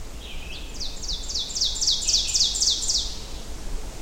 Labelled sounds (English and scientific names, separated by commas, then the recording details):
Ovenbird (Seiurus aurocapilla) song
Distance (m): 15 m
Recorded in boreal forest in Alberta, Canada, on 24 June 2016 at 06:25
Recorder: SongMeter 3, array SBT-6-76
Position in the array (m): 220 m, 94 m
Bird 3